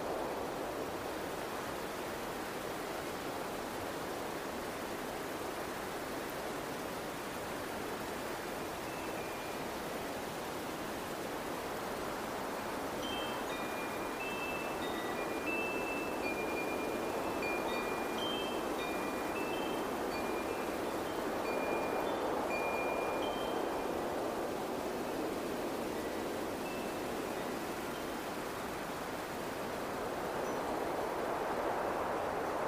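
Wind chimes ring lightly over a steady rush of wind that fills the whole clip. The chimes come in around the middle, roughly from 13 to 25 seconds, as scattered bright tinkling notes. The wind swells slightly louder near 22 seconds and again at the end.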